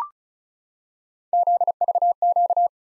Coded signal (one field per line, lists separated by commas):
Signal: Morse code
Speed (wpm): 36 wpm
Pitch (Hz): 700 Hz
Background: none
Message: ZVQ